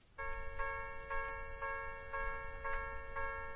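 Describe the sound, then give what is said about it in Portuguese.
A railroad crossing warning bell clangs in a steady, fast rhythm, each bright metallic strike ringing with sustained harmonic tones over a low rumbling background, with about seven strikes in quick succession. “Esse é o som de alerta em um cruzamento.”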